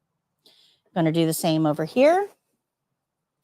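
The second swing-away wheelchair leg rest is being handled as it is swung forward toward its frame mount, with a faint brief sound near 0.5 s and then someone talking. Nothing has seated or clicked yet; the clip ends just before the leg rest locks into place.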